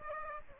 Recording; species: mosquito wingbeat signal from an infrared sensor; Aedes aegypti